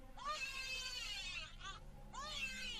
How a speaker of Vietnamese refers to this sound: Còn chưa kịp đứng lên, bà lành nghe có tiếng trẻ con khóc the thé. Đâu đây, lúc gần lúc xa, không thể khẳng định được là tiếng khóc ấy phát ra từ đâu.